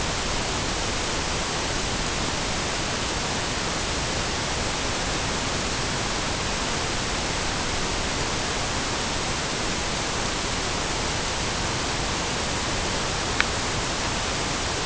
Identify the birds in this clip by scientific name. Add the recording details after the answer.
none. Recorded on Arctic tundra, site NAIT-1, on 23 June 2018. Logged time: 19:00